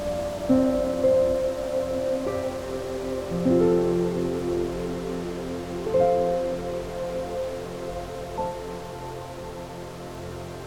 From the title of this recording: Meadow Serenade With Relaxing Music, Rustling Leaves & Nature Sounds